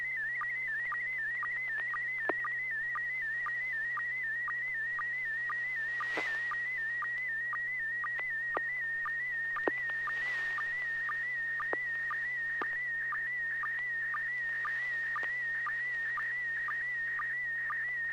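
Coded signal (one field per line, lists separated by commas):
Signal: SSTV (slow-scan television)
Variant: PD120 mode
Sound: steady warbling high tone with short lower sync blips about twice each second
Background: low hum, faint static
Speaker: So I'll be transmitting PD 120, and here it comes.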